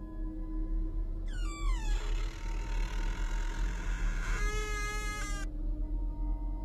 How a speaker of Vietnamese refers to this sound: Lão tần ngần một lúc rồi đẩy cửa đi vào. Tiếng cánh cửa lâu ngày khô dầu kêu lên kẽo kẹt.